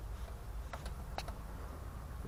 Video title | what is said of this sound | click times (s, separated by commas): CUB CADET Transmission Oil & Spark Plugs Change on a ZERO Turn Mower | You hear it click. You know it's got contact on it. | 0.7 s, 1.2 s